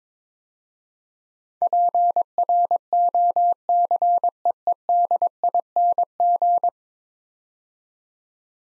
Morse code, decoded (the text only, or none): PROCEEDING